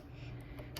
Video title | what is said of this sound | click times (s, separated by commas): Brother Sewing Machine Tutorial | And it pops right into place. | 0.8 s